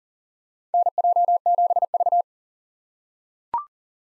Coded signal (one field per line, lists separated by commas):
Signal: Morse code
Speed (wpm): 40 wpm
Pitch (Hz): 700 Hz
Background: none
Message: NJ7V